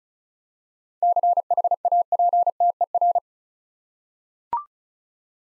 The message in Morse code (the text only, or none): CHAPTER